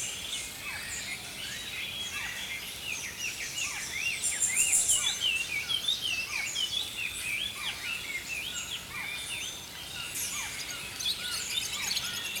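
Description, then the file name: Songbirds in a full dawn-style chorus, many birds trading rapid chirps, downslurred notes and high twitters throughout, with a brief shrill buzzy burst near the middle. Early morning. "Healing Power Natural Sounds Oasis - Early Morning Songbirds"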